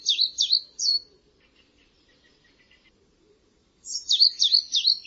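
Small bird singing: a few high, falling-and-rising chirps, faint scratchy notes during a pause, then another burst of quick swooping chirps.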